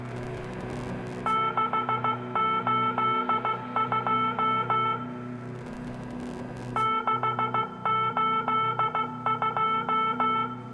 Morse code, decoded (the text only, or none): 682 682